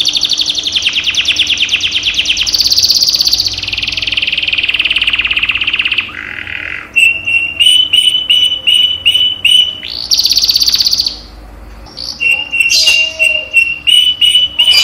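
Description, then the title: Canary song: rapid rattling trills and buzzy bursts, then a series of short clipped whistled notes repeated quickly, broken by another buzzy burst. Cage canary; recording used as training therapy to increase a canary's singing volume. "terapi kenari AMPUH untuk TINGKATKAN VOLUME"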